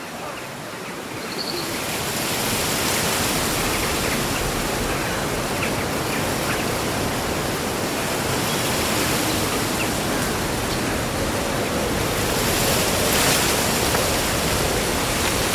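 Summer wind sweeps through rustling leaves in a dense, steady rush that swells over the first two seconds and then holds at an even level. A brief, faint bird chirp surfaces near the start, otherwise buried under the hiss of foliage.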